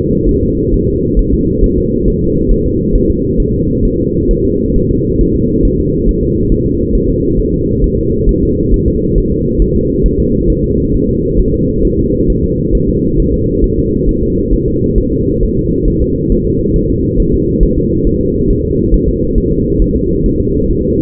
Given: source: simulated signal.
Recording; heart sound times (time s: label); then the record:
fetal heart sounds
0.29 s: S1
0.43 s: S2
0.74 s: S1
0.89 s: S2
1.19 s: S1
1.34 s: S2
1.64 s: S1
1.78 s: S2
2.08 s: S1
2.22 s: S2
2.52 s: S1
2.66 s: S2
2.95 s: S1
3.10 s: S2
3.40 s: S1
3.54 s: S2
3.85 s: S1
4.00 s: S2
4.31 s: S1
4.45 s: S2
4.76 s: S1
4.91 s: S2
5.21 s: S1
5.36 s: S2
5.65 s: S1
5.80 s: S2
6.09 s: S1
6.23 s: S2
6.52 s: S1
6.66 s: S2
6.95 s: S1
7.10 s: S2
7.40 s: S1
7.54 s: S2
7.84 s: S1
7.98 s: S2
8.29 s: S1
8.43 s: S2
8.74 s: S1
8.88 s: S2
9.18 s: S1
9.32 s: S2
9.62 s: S1
9.76 s: S2
10.06 s: S1
10.20 s: S2
10.50 s: S1
10.64 s: S2
10.94 s: S1
11.09 s: S2
11.40 s: S1
11.54 s: S2
11.85 s: S1
11.99 s: S2
12.30 s: S1
12.44 s: S2
12.75 s: S1
12.89 s: S2
13.20 s: S1
13.34 s: S2
13.64 s: S1
13.79 s: S2
14.09 s: S1
14.23 s: S2
14.53 s: S1
14.68 s: S2
14.98 s: S1
15.13 s: S2
15.43 s: S1
15.58 s: S2
15.88 s: S1
16.02 s: S2
16.32 s: S1
16.47 s: S2
16.76 s: S1
16.90 s: S2
17.20 s: S1
17.34 s: S2
17.63 s: S1
17.78 s: S2
18.07 s: S1
18.21 s: S2
18.50 s: S1
18.65 s: S2
18.94 s: S1
19.09 s: S2
19.38 s: S1
19.52 s: S2
19.82 s: S1
19.96 s: S2
20.26 s: S1
20.40 s: S2
20.71 s: S1
20.85 s: S2
From the record:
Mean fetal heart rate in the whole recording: 135 bpm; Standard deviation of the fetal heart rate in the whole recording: 3 bpm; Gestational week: 36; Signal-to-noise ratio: -14.7 dB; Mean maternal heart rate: 72 bpm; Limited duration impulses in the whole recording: present